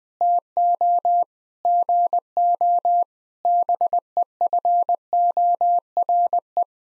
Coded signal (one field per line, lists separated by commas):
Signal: Morse code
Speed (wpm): 20 wpm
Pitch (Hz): 700 Hz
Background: none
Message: TO GO BEFORE